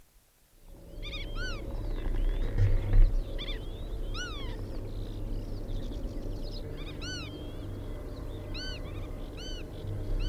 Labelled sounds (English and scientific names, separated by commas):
Black-tailed Godwit (Limosa limosa) call